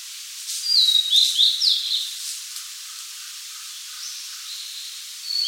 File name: Cyanoptila cyanomelana